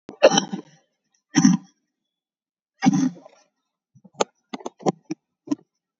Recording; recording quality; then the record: heavy voluntary cough; excellent, no background noise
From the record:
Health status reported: COVID-19 positive, moderate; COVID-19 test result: positive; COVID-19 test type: RT-PCR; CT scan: taken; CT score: 10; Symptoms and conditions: cough, cold, fever, fatigue, muscle pain, loss of smell and taste, diarrhoea, diabetes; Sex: male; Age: 47 years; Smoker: no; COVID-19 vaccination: none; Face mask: worn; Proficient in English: yes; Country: India